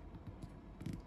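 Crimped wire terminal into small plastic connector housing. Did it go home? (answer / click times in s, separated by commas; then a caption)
yes / 0.9 s. A crimped wire terminal is pushed into a small plastic JST-ZH connector housing over a low, steady background hum. A faint, brief click lands at 0.9 s amid a short cluster of quiet taps, and the terminal is seated.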